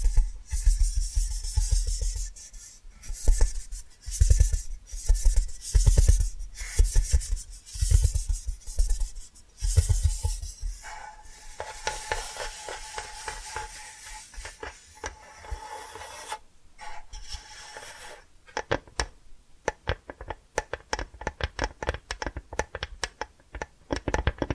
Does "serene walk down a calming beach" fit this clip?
no